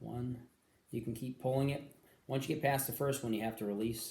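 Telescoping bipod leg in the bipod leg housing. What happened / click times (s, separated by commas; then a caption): Handled, not yet home: no latching click yet / none. Someone talks while handling the telescoping leg of a Harris Series S model BRM bipod, mounted with an MLOK device, pulling the leg out of its housing toward the next extension notch after releasing it past the first position. Only speech is heard; nothing has seated or clicked yet.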